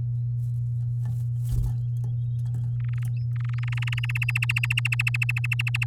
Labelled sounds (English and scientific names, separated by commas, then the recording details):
Domestic Canary (Serinus canaria) song
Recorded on 9 May 2018 at 07:02
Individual llb16